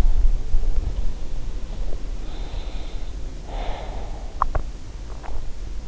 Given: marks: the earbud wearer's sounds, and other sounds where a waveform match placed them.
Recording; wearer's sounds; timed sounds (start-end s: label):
sounds in sleep by an in-ear microphone; breath, swallowing
2.30-4.30 s: breath
4.40-5.57 s: swallowing